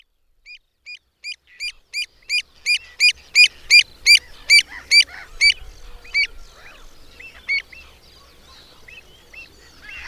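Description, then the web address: Pied avocet giving a run of clear, ringing notes that grow louder and slightly faster, then thin out into scattered calls. "Madardalok Cd 3. Gulipán"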